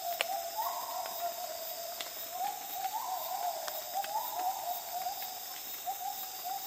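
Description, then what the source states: Gibbon hoots rising in pitch, a few spaced phrases against a steady shrill insect background with faint drips. Gibbons at dawn in Borneo rainforest jungle, calm dawn chorus with insects and soft fog drip.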